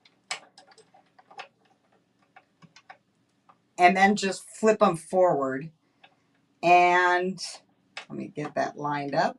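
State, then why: Seated. A feed dog cover part is snapped back into place on the bed of a Juki sewing machine, with a sharp snap at 0.3 s followed by a few quieter ticks and light handling taps. Someone then talks over the rest of the clip, and the part is seated.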